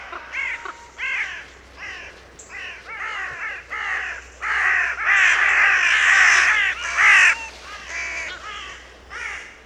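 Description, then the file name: Carrion crow calls, separate harsh caws at first, then a dense stretch of overlapping cawing before single caws return. "Corvus corone"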